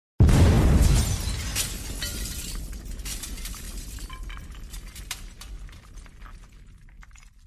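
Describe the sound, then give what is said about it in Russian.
A cannonball, fired by a cannon from the opposite bank of the Moskva River, slams into the eastern part of the Kremlin wall in Moscow with one sudden, heavy crash and a deep boom, followed by seconds of rattling, crumbling debris that slowly fades out. No voices. “Прилетело ядро в восточную часть Кремлевской стены.”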